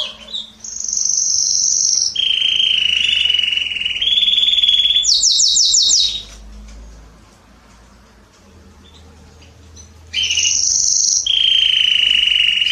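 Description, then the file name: Canary delivering long level whistled rolls at two pitches and a burst of fast notes, followed by a few seconds of quiet before the rolls resume. "Canary Voice"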